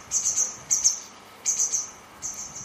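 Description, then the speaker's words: White wagtail flight calls: high, thin twittering chips in quick clusters of two to four, repeated four times across a quiet background. Passing overhead in flight, unseen; call described as a kind of 'tchitchi'. "Là, t'as une bergeonnette grise qui est en train de passer."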